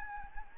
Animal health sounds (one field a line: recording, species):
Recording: mosquito wingbeat signal from an infrared sensor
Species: Anopheles gambiae